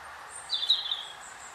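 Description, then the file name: European robin uttering a short, thin, high warbling phrase, set against a steady hiss. "Erithacus rubecula"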